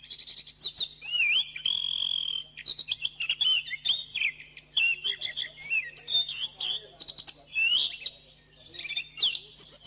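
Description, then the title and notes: Bird song, a dense, nearly continuous stream of bright whistled notes and twittering, with rising and falling slurs and brief gaps, over a faint low hum. Masteran recording, played to teach caged birds their song. "MASTERAN BURUNG. suarane manok"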